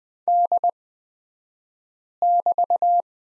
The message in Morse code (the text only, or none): D<BT>